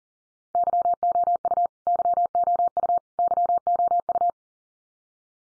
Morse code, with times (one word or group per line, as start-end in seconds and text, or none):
0.6-1.7 YOU
1.9-3.0 YOU
3.2-4.3 YOU